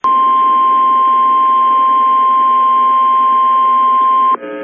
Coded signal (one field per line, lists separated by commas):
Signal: Emergency Alert System (SAME) tones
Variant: 1050 Hz attention tone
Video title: Sioux Falls SD NOAA Weather Radio Severe Thunderstorm Warning EAS WXM28 5 13 PM 5 12 2022